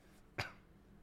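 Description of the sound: A single short cough from an adult man, about a tenth of a second, with a sharp, noisy onset and a quickly fading tail, close to a throat clearing. Otherwise the room is quiet. It is an isolated cough in a man who woke up extremely sick with the flu and has lost his voice.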